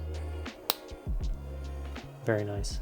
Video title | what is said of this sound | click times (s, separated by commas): Final Fantasy 7 Cloud Strife Harness build | and then satisfying click | 0.7 s